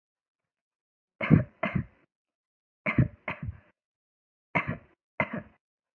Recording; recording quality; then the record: shallow voluntary cough; excellent, no background noise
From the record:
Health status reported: healthy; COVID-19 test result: not tested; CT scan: not taken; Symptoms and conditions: cough, cold, fever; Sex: female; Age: 31 years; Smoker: no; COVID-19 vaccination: both doses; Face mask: not worn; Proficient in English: yes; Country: India